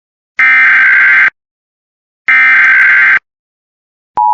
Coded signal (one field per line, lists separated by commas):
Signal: Emergency Alert System (SAME) tones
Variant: header bursts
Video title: Texas amber alert for a 7 month old baby EAS #55